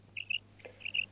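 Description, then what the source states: Common quail calls: short, high, clipped notes given in quick pairs, twice within about a second, over a steady low hum. Lure recording made for an electronic caller.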